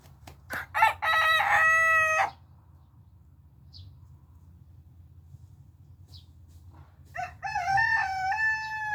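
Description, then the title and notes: Chicken: rooster crowing: a loud harmonic crow from about one to two seconds, a quiet pause with faint chirps, then a second crow starting near seven seconds, over a low hum. Four roosters, including a young black silkie still developing his crow and three louder adults; one newer rooster has the weakest crow. "Rocky the newcomer"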